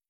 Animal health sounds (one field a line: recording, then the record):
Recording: hydrophone in a shrimp aquaculture tank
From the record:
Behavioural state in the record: feeding